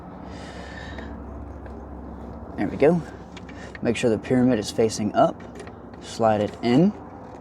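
A glove box dampener on a Saturn Sky is slid into the dash frame with its pyramid facing up and pushed into place while someone talks, over a low steady background hum. The part has not seated or clicked yet.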